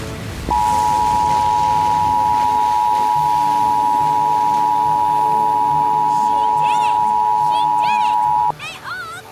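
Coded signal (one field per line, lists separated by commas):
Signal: Emergency Alert System (SAME) tones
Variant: 853 and 960 Hz attention tone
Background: speech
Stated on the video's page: Valid EAS tones taken from older videos, edited into a show as fake interruptions: a Rainbow Dash warning, test messages, and a dust storm warning.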